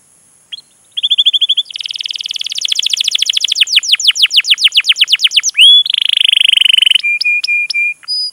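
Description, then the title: Canary song starting with a short trill, building into a long run of rapid sweeping notes, then a rolling trill and flat whistled tones. Long, lively canary song used as a lure to prompt other canaries to sing. "PANCINGAN Kenari GACOR PANJANG. Pancingan Gacor Masteran"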